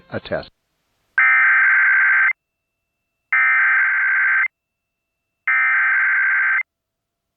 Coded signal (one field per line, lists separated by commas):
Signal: Emergency Alert System (SAME) tones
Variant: header bursts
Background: speech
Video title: EAS #1074-1076: 3 EAS Required Monthly Tests- Apr. 12, 2025- 8:00AM PDT